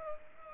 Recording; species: mosquito wingbeat signal from an infrared sensor; Culex pipiens